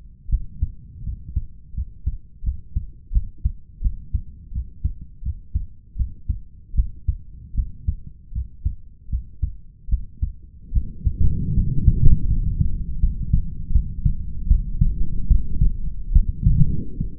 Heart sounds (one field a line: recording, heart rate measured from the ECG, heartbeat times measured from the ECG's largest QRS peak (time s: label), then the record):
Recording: heart sounds by stethoscope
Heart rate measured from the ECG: 79 bpm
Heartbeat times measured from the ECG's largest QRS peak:
0.29 s: heartbeat
1.03 s: heartbeat
1.74 s: heartbeat
2.43 s: heartbeat
3.12 s: heartbeat
3.81 s: heartbeat
4.52 s: heartbeat
5.22 s: heartbeat
5.96 s: heartbeat
6.74 s: heartbeat
7.54 s: heartbeat
8.32 s: heartbeat
9.09 s: heartbeat
9.88 s: heartbeat
10.72 s: heartbeat
11.54 s: heartbeat
12.26 s: heartbeat
12.99 s: heartbeat
13.72 s: heartbeat
14.47 s: heartbeat
15.27 s: heartbeat
16.12 s: heartbeat
16.97 s: heartbeat
From the record:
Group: healthy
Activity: cold pressor test 0-14 s, rest 14-17 s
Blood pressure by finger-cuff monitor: 113/88 mmHg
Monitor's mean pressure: 94 mmHg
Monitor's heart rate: 77 bpm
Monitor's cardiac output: 5.6 L/min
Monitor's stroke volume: 70 mL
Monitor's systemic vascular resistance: 1250 dyn s/cm5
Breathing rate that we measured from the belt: 17 breaths a minute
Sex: male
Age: 21 years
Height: 170 cm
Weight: 71 kg